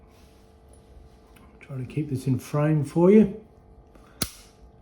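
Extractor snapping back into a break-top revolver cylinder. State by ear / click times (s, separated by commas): seated / 4.2 s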